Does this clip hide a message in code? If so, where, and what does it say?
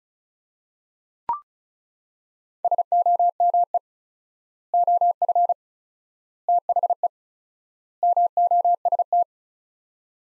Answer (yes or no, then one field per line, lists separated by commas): yes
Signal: Morse code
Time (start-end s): 2.6-9.2 s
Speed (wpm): 36 wpm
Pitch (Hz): 700 Hz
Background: none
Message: SOME OF THE MOST